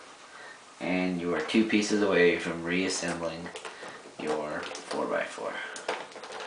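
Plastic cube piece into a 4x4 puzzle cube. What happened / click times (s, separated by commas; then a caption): Handled, not yet home: no seating snap is heard / none. Someone talks while handling a plastic piece for a QJ 4x4x4 puzzle cube, with two pieces left before the cube is reassembled, and a couple of short taps are heard near the end. Nothing has seated or clicked into place yet.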